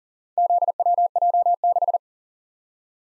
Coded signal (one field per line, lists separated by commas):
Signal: Morse code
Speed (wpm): 41 wpm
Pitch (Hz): 700 Hz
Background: none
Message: ZWJ6